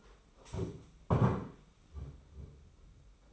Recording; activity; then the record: daily activity, microphone in the room; stand up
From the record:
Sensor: 1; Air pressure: 991.7 hPa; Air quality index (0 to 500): 161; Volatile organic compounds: 1000 ppm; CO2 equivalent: 6032 ppm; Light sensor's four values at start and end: 31/103/40/41 and 30/100/39/40